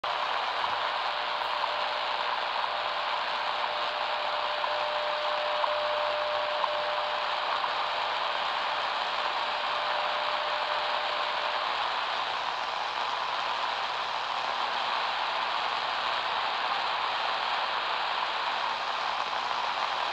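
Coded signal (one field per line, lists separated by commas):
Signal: radio time signal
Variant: WWV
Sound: steady mid-pitch tone under loud hiss, with faint short ticks about each second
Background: radio static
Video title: WWV time signal on Panasonic RF-B45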